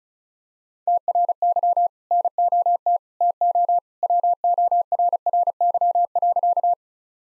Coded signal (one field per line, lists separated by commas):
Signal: Morse code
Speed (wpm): 35 wpm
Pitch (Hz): 700 Hz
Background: none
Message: TRY NOT TO WORRY.